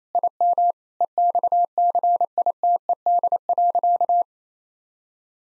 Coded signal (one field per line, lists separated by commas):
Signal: Morse code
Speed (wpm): 28 wpm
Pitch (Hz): 700 Hz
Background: none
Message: IM EXCITED.